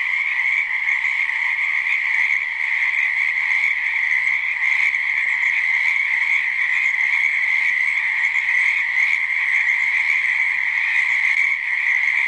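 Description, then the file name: Frogs calling together in a dense, unbroken chorus, a steady trilling hum with a bright main pitch that holds without pause throughout. Many frogs calling in a swamp. "Boloto mnogo lyagushek"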